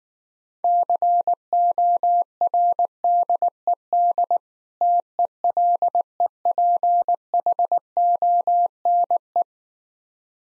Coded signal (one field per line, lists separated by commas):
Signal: Morse code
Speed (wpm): 19 wpm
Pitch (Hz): 700 Hz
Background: none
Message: CORDED TELEPHONE